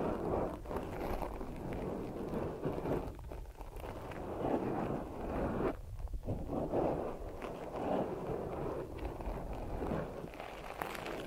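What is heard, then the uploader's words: Ear massage sounds: a dense, steady rubbing and crackling texture with soft rustling bursts, briefly thinning near four and six seconds. ASMR Deep Ear Massage for Sleep(No Talking).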